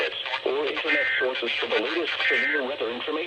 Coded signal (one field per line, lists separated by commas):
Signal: Emergency Alert System (SAME) tones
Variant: end-of-message bursts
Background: speech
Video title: (EAS 35) Severe Thunderstorm Watch #159 for my Area!